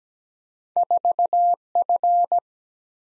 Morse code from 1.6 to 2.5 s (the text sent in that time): F